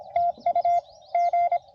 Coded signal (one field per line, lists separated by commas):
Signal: Morse code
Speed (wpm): 22 wpm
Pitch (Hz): 680 Hz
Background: none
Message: TU G